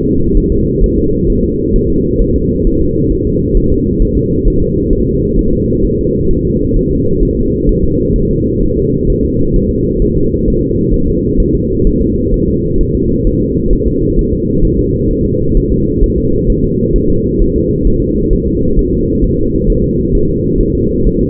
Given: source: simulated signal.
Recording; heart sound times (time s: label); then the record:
fetal heart sounds
0.05 s: S2
0.37 s: S1
0.52 s: S2
0.84 s: S1
0.98 s: S2
1.30 s: S1
1.44 s: S2
1.76 s: S1
1.90 s: S2
2.22 s: S1
2.36 s: S2
2.67 s: S1
2.82 s: S2
3.12 s: S1
3.27 s: S2
3.57 s: S1
3.72 s: S2
4.02 s: S1
4.17 s: S2
4.47 s: S1
4.62 s: S2
4.93 s: S1
5.08 s: S2
5.39 s: S1
5.53 s: S2
5.85 s: S1
5.99 s: S2
6.31 s: S1
6.45 s: S2
6.77 s: S1
6.91 s: S2
7.23 s: S1
7.37 s: S2
7.69 s: S1
7.84 s: S2
8.16 s: S1
8.31 s: S2
8.63 s: S1
8.78 s: S2
9.10 s: S1
9.24 s: S2
9.56 s: S1
9.71 s: S2
10.02 s: S1
10.17 s: S2
10.48 s: S1
10.62 s: S2
10.94 s: S1
11.08 s: S2
11.40 s: S1
11.55 s: S2
11.87 s: S1
12.01 s: S2
12.34 s: S1
12.48 s: S2
12.81 s: S1
12.95 s: S2
13.27 s: S1
13.41 s: S2
13.73 s: S1
13.87 s: S2
14.19 s: S1
14.33 s: S2
14.65 s: S1
14.79 s: S2
15.11 s: S1
15.25 s: S2
15.57 s: S1
15.72 s: S2
16.04 s: S1
16.18 s: S2
16.50 s: S1
16.64 s: S2
16.96 s: S1
17.10 s: S2
17.41 s: S1
17.56 s: S2
17.87 s: S1
18.02 s: S2
18.33 s: S1
18.48 s: S2
18.79 s: S1
18.93 s: S2
19.24 s: S1
19.39 s: S2
19.70 s: S1
19.84 s: S2
20.15 s: S1
20.30 s: S2
20.61 s: S1
20.75 s: S2
21.06 s: S1
21.21 s: S2
From the record:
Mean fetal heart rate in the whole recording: 130 bpm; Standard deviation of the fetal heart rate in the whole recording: 4 bpm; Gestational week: 38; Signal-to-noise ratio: -15.3 dB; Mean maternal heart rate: 72 bpm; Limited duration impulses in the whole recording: present